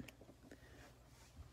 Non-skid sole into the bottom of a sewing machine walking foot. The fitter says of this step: and they just snap right into the bottom of the walking foot